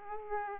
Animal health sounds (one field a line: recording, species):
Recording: mosquito wingbeat signal from an infrared sensor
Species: Aedes aegypti